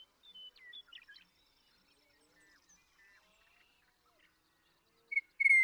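Western meadowlark giving a few faint slurred whistled notes, then a quiet stretch and two louder clear whistles at the end.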